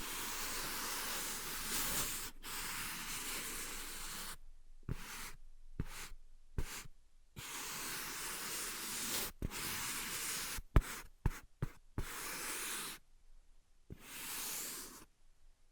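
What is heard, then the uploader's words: Dry scratching comes in dense hissing bursts of one to three seconds, broken by abrupt silences. Sharp single taps land in the gaps, clustering around the middle and the last few seconds. Nothing else is in the background. ASMR Invisible Tapping and Scratching (No Talking).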